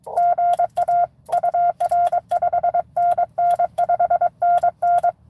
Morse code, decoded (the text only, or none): GA UR 5NN 5NN